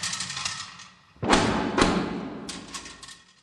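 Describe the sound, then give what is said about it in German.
An iron gate of the bears' enclosure is slammed shut behind the bears with a heavy, booming clang, followed half a second later by a second jolt as it settles, then a fading rattle. No one speaks. “Später trollten sie sich zurück in den Zwinger und Mischa schlug hinter ihnen das Gitter zu.”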